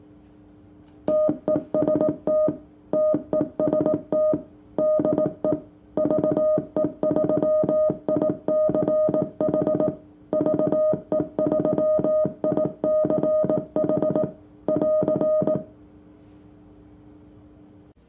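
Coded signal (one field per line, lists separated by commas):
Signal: Morse code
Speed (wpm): 19 wpm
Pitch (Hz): 620 Hz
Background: music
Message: TEST TEST DE VE3ICH VE3ICH <AR>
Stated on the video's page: CW from a homebuilt Arduino Forty-9er QRP 40 meter transceiver with VFO.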